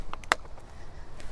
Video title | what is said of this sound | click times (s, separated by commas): JOAT Jill of All Trades: Finishing the Siding | here you can hear it snap in | 0.3 s